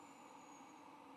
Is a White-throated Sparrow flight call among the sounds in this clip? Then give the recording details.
no. No flight call is heard. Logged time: 22:50 on 21 November 2014